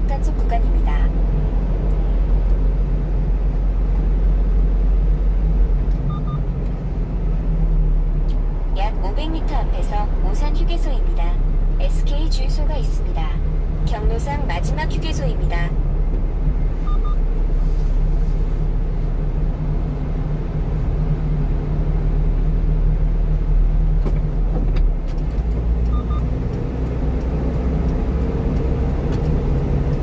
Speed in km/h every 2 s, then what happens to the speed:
55, 55, 54, 47, 42, 43, 44, 44, 43, 40, 46, 49, 48, 53, 58.
0-5 steady at about 55. 5-8 brakes to 42. 8-19 steady at about 43. 19-30 speeds up to 58.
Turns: none.